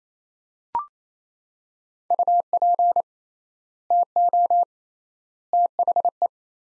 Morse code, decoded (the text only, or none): UP TO THE